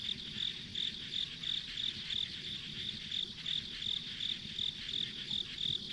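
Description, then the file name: Insects chirping in rapid, regular pulses, roughly three per second, over a soft hiss and faint low background noise. Ambient insect sounds on a rural country road. "田舎道の虫の環境音"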